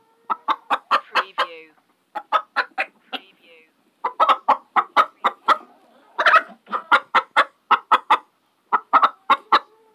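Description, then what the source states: Chicken clucking: quick runs of short, throaty clucks, several per burst, separated by brief pauses, with an occasional drawn-out croaky note. Single hen clucking.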